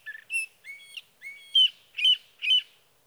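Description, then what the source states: Sage thrasher song of separate notes: a few slurred, rising whistles, then three louder, rough burry notes repeated about every half second. Male singing through the night near his night roost, evening of June 12 to morning of June 15, 2018, Sierra Valley, California; Swift recorder.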